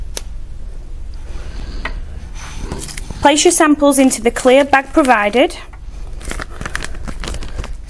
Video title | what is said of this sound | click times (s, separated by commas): Taking a blood sample using the home testing kit | push the lid firmly onto the blue tube until you hear a click | 0.2 s